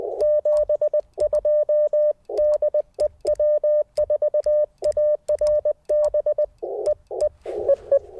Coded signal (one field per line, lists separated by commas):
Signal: Morse code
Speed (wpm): 20 wpm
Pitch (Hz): 590 Hz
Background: radio noise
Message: 72 DE W4ARB EE EE